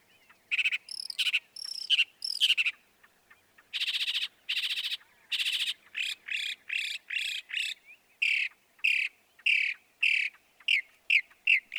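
Northern mockingbird song, a medley of harsh buzzy notes, sharp downslurred chips and repeated whistled phrases, each type given a few times before switching.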